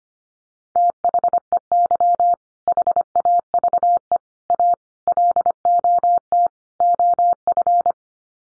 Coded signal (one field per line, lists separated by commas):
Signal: Morse code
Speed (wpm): 25 wpm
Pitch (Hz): 700 Hz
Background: none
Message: THEY HAVE A LOT OF